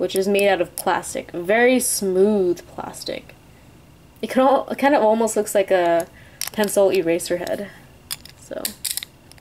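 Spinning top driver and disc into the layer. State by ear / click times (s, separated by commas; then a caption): partly seated / 8.8 s, 8.9 s, 9.0 s. Someone talks while twisting the plastic disc and tip driver of a Beyblade Burst spinning top (B-49 Random Booster Vol. 3) into the layer. A short ratcheting series of clicks comes at about 8.9, 8.9, 9.0 and 9.0 seconds. The parts lock together, but only with a weak click.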